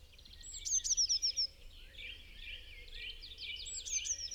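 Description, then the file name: Eurasian blue tit calling, thin high descending whistles and a quick chattering run of notes, amid softer overlapping twittering and a low background rumble. "Cyanistes caeruleus"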